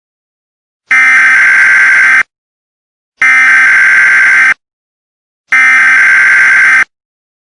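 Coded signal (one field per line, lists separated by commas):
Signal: Emergency Alert System (SAME) tones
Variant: header bursts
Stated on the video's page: Handmade recreation of a significant weather advisory alert, not actually activated through the Emergency Alert System.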